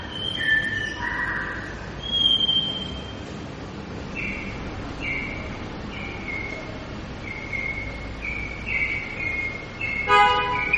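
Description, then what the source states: White-rumped shama song: short clear whistled notes and slurs repeated roughly every second over a steady hiss, ending in a burst of varied rapid notes. Lure recording of a lively, vigorously singing (gacor) white-rumped shama, meant to make listening birds respond.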